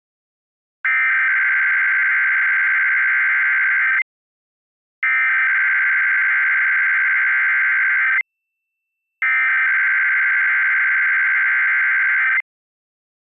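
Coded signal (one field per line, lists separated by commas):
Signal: Emergency Alert System (SAME) tones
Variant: header bursts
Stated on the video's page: Weekly EAS test broadcast on a television station.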